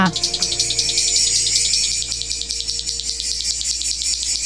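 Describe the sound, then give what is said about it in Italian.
A cicada sings in a loud, high-pitched buzzing drone that pulses rapidly and evenly, carrying on without pause for the whole few seconds, with no voices over it. “E per compensare la preponderante presenza dei baccelli, chiudiamo con la nostra amica Cicala!”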